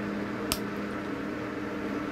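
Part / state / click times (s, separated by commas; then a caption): retaining clip into groove of water pump coupling / seated / 0.5 s. A small retaining clip is pushed with pliers into a narrow groove on a water pump coupling fitting, over a steady background hum. A single short, bright click is heard at 0.5 s as the clip snaps into the groove and seats.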